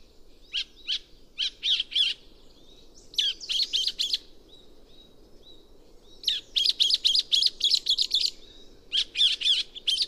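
Chestnut-cheeked starling chattering calls: tight bursts of high, squeaky notes in clusters, with short pauses between groups and a long run of rapid notes in the second half.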